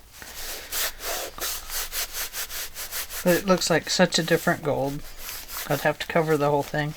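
A magnetic clasp on a handmade paper journal pocket flap is being handled, with a steady run of soft rubbing, scraping strokes across the whole clip and a small tap near 0.2 s. Someone talks over the second half. The magnets have not snapped shut yet, and nothing has clicked or seated by the end.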